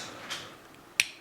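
A Bestech Shrapnel folding knife's blade, pushed open with one thumb against a strong detent, breaks out of the detent in the handle frame. After a faint, soft rustle around 0.3 s, a single sharp, bright pop sounds at 1.0 s over a quiet background. The blade is released from the detent.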